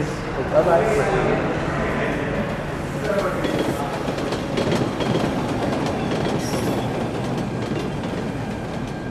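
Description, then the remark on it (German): An air-conditioned metro train in Delhi rolls steadily along the rails with a continuous low rumble and faint rhythmic clatter, a loud, even roar lasting throughout, with indistinct voices murmuring beneath it. “Um die Straßen zu entlasten, baut die Kommune Delhi viele neue U-Bahn-Linien.”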